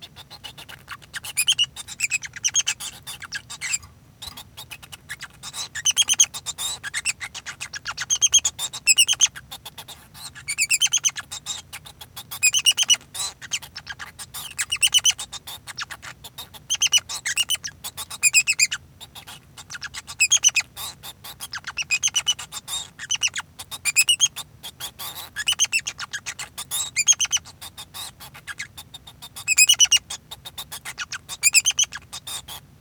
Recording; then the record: song of a male Bengalese finch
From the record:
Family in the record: son of father 2